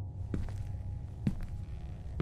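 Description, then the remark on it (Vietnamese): A girl's footsteps clatter down stairs in a few sharp, hard knocks spaced about a second apart, quiet against a steady low hum with no voices. “Tiếng bước chân của nhỏ lạch cạch vang lên giữa cái không gian yên ắng, càng làm cho chính nhỏ cảm thấy rờn rợn.”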